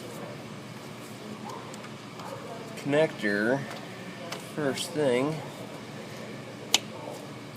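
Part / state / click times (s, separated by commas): injector hold-down clamp onto a fuel injector / seated / 6.8 s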